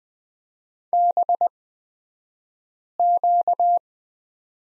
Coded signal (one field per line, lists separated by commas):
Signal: Morse code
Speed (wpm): 20 wpm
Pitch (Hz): 700 Hz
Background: none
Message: BQ